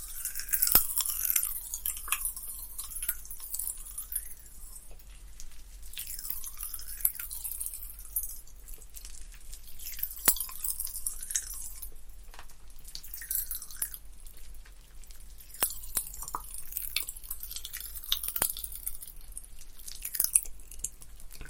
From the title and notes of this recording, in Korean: 톡톡톡 팝핑캔디 eating sound. 이번에는 소니 핀마이크로 가져왔어요.